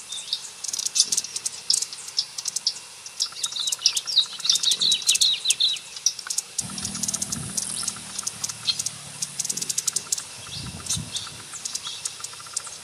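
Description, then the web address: Black-crested coquette calls: sharp, high-pitched chips and ticks repeated in irregular clusters, with a short high squeaky phrase early on and a faint low rumble later. "Black crested coquette. صدای-پرنده-لوند-کاکل-سیاه"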